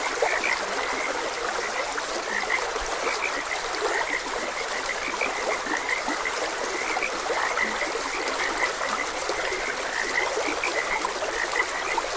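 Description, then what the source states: Chorus of frogs, a continuous bed of short croaks and chirps mixed with trickling stream sound. Frogs croaking beside a gentle stream.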